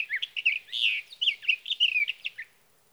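Sage thrasher, a run of rapid warbled song notes with slurred whistles and chatter, about two and a half seconds, then quiet.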